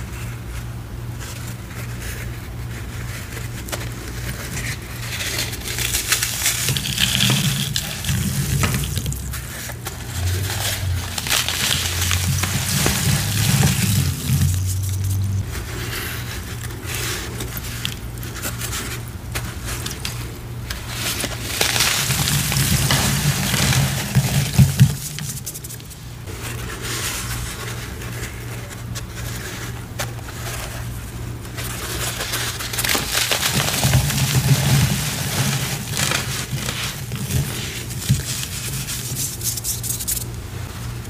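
Gym chalk and cornstarch being crushed and handled, with dense, gritty crunching and soft squeaky packing sounds that swell and ease in waves. Louder bursts come around 7, 12, 22 and 34 seconds, with a low steady hum underneath throughout.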